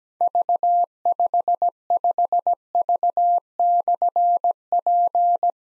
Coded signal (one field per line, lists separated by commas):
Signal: Morse code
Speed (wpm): 17 wpm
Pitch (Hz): 700 Hz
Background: none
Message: V55V/P